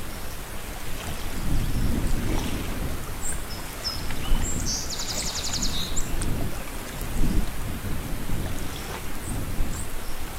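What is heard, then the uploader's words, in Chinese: A babbling stream runs steadily, its rushing wash dense and low with rumbling surges every second or two. Birds call faintly above it, scattered high chirps throughout and a quick, bright trill around the middle. 潺潺流水&鸟儿鸣叫。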